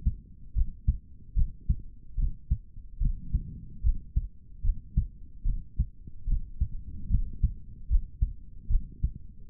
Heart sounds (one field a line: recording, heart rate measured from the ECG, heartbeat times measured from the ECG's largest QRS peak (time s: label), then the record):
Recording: heart sounds by stethoscope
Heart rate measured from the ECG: 74 bpm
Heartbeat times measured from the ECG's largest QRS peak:
0.54 s: heartbeat
1.34 s: heartbeat
2.16 s: heartbeat
2.99 s: heartbeat
3.82 s: heartbeat
4.62 s: heartbeat
5.44 s: heartbeat
6.26 s: heartbeat
7.08 s: heartbeat
7.88 s: heartbeat
8.68 s: heartbeat
9.48 s: heartbeat
From the record:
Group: healthy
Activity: rest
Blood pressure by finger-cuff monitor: 136/82 mmHg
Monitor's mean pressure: 102 mmHg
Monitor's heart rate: 72 bpm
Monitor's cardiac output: 4.2 L/min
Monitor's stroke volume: 57 mL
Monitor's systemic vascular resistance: 1830 dyn s/cm5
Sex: male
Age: 55 years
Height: 167 cm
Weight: 57.2 kg